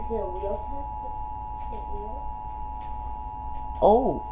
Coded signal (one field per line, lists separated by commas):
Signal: Emergency Alert System (SAME) tones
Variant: 853 and 960 Hz attention tone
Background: speech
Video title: EAS monthly test #3 Comcast